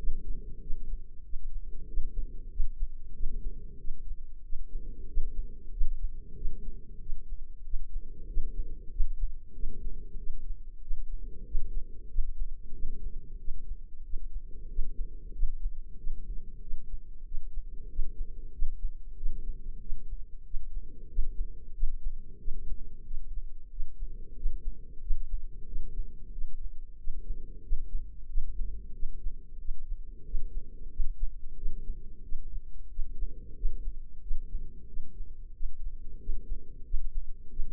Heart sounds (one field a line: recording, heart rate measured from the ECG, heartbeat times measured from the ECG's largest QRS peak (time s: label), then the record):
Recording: heart sounds by microphone in the left ear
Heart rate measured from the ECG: 93 bpm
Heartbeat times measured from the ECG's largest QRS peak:
0.60 s: heartbeat
1.23 s: heartbeat
1.87 s: heartbeat
2.50 s: heartbeat
3.13 s: heartbeat
3.78 s: heartbeat
4.43 s: heartbeat
5.07 s: heartbeat
5.71 s: heartbeat
6.35 s: heartbeat
6.99 s: heartbeat
7.63 s: heartbeat
8.27 s: heartbeat
8.90 s: heartbeat
9.53 s: heartbeat
10.17 s: heartbeat
10.80 s: heartbeat
11.44 s: heartbeat
12.08 s: heartbeat
12.73 s: heartbeat
13.38 s: heartbeat
14.03 s: heartbeat
14.68 s: heartbeat
15.33 s: heartbeat
15.97 s: heartbeat
16.60 s: heartbeat
17.24 s: heartbeat
17.88 s: heartbeat
18.52 s: heartbeat
19.16 s: heartbeat
19.79 s: heartbeat
20.44 s: heartbeat
21.08 s: heartbeat
21.73 s: heartbeat
22.38 s: heartbeat
23.04 s: heartbeat
23.70 s: heartbeat
24.35 s: heartbeat
25.00 s: heartbeat
25.66 s: heartbeat
26.31 s: heartbeat
26.97 s: heartbeat
27.62 s: heartbeat
28.27 s: heartbeat
28.92 s: heartbeat
29.58 s: heartbeat
30.24 s: heartbeat
30.90 s: heartbeat
31.55 s: heartbeat
32.22 s: heartbeat
32.89 s: heartbeat
33.55 s: heartbeat
34.21 s: heartbeat
34.86 s: heartbeat
35.53 s: heartbeat
36.18 s: heartbeat
36.84 s: heartbeat
37.49 s: heartbeat
From the record:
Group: healthy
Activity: rest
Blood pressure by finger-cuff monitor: 121/74 mmHg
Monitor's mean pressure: 89 mmHg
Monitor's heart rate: 93 bpm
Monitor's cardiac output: 6.4 L/min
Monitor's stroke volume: 69 mL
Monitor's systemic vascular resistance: 1020 dyn s/cm5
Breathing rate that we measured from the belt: 19 breaths a minute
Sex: female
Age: 43 years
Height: 160 cm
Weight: 90 kg